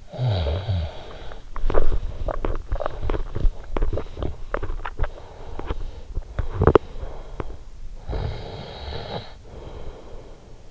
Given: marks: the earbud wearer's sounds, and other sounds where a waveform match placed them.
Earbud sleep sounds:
sounds in sleep by an in-ear microphone; snoring breath, teeth grinding
0.00-1.38 s: snoring breath
1.44-7.63 s: teeth grinding
7.95-10.71 s: snoring breath

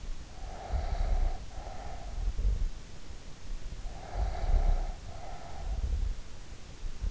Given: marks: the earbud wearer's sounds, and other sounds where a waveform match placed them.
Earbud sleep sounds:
sounds in sleep by an in-ear microphone; breath
0.37-2.69 s: breath
3.21-6.19 s: breath

